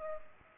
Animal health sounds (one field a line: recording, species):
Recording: mosquito wingbeat signal from an infrared sensor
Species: Culex pipiens